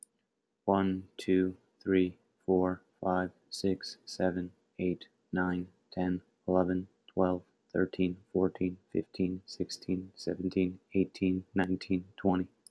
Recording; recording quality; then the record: counting at a normal pace; excellent, no background noise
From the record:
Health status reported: healthy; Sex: male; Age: 31 years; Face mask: not worn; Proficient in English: yes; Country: United States